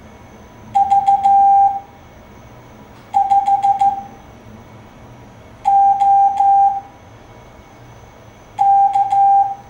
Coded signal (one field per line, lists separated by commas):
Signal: Morse code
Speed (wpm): 15 wpm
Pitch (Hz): 790 Hz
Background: none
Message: V5OK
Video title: CW Games - QST May 2024